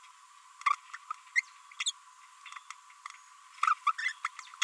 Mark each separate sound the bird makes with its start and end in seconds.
0.61-0.75, 1.36-1.41, 1.80-1.91, 3.58-3.74, 3.87-3.92, 3.98-4.12